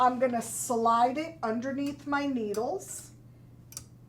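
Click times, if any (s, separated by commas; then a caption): 3.7 s, 3.8 s. Someone talks while an embroidery hoop is slid under the needles of a Janome MB-7 seven-needle embroidery machine and pushed onto its carriage arm. After the speech, a quick double click is heard at 3.7 s and 3.8 s as the hoop snaps into place and is seated.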